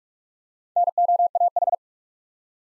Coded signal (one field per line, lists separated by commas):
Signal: Morse code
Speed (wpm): 43 wpm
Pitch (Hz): 700 Hz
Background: none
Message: NOAH